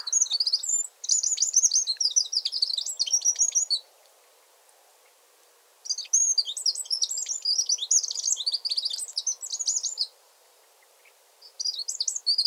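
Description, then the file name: Eurasian wren song: loud, rapid bursts of high, tumbling trills and sharp notes, separated by short silent gaps. "Troglodytes troglodytes"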